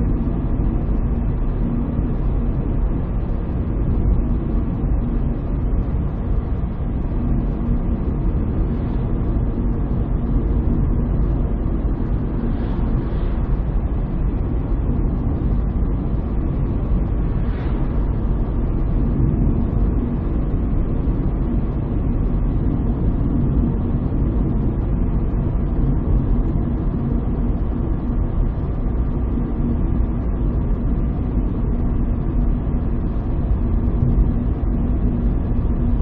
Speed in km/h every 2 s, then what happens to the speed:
65, 66, 66, 66, 67, 67, 68, 67, 67, 67, 66, 66, 65, 65, 64, 64, 64, 64.
0-36 steady at about 66.